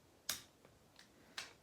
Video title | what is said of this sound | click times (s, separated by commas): Honda 400EX Big Bore Kit and FCR Carburetor Install | go back and double-check all of them after you get that click torque wrench click ok | 0.3 s